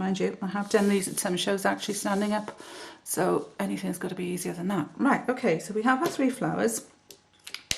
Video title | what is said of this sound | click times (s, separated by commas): How to draw a calligraphy flower with Zig pens | Now then, we'll put our pens aside. You heard me click them. | 7.7 s